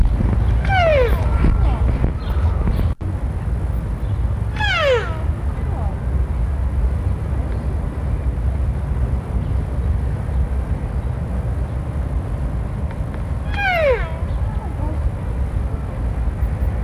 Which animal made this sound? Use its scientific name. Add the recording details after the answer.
Rucervus duvaucelii. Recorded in captivity. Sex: female. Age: adult. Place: Zoo Berlin, Berlin, DE. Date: 1961-07-15 16:30. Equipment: Minifon, Kopie Smaragd. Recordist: Tembrock, Günter